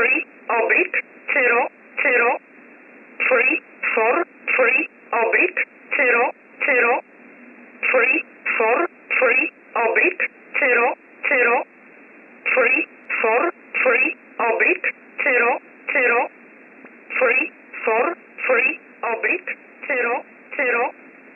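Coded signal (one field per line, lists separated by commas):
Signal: numbers station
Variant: E11 Oblique, English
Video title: 14 07 2021 Number station E11 Oblique in English to Eu 0745 on 15720 unknown tx site in USB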